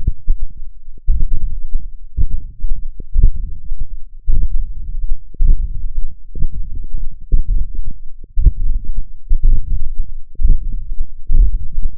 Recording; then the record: forearm muscle sounds (acoustic myography)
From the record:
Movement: hook grip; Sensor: system 1, eight BSWA MPA416 microphones around the upper forearm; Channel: 8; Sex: male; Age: 21 years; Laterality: right